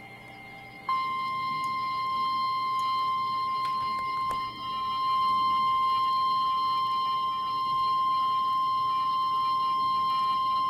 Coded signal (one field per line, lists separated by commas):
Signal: Emergency Alert System (SAME) tones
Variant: 1050 Hz attention tone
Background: speech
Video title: NOAA Weather Radio: Severe Thunderstorm Warnings (EAS #92-93)